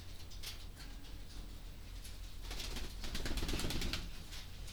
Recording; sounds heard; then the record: poultry house recording; no chicken sound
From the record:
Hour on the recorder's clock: 22